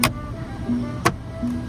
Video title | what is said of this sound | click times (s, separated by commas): 🛑How to change or replace a cabin air filter in your car!🙏🏾 | When you hear the click on both sides, that means that is secured. | 0.0 s, 1.1 s